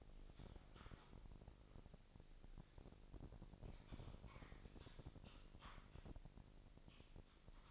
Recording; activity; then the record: daily activity, microphone in the room; typing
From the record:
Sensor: 5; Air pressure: 1007.7 hPa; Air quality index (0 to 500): 95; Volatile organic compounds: 1 ppm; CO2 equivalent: 748 ppm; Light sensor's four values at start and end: 37/87/36/36 and 37/86/35/36